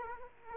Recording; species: mosquito wingbeat signal from an infrared sensor; Culex quinquefasciatus